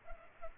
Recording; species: mosquito wingbeat signal from an infrared sensor; Culex pipiens